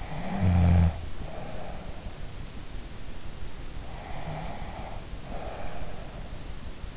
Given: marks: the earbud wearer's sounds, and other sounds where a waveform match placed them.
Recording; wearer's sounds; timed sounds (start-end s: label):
sounds in sleep by an in-ear microphone; snoring breath, breath
0.00-1.78 s: snoring breath
3.86-6.08 s: breath